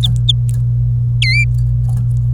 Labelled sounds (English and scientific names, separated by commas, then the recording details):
Domestic Canary (Serinus canaria) song
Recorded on 26 April 2018 at 09:52
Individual llb3